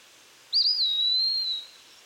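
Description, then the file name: Eastern wood pewee uttering a single drawn-out whistle, slightly wavering at first and then holding steady a little lower, against quiet background hiss. "Contopus virens - Eastern Wood Pewee"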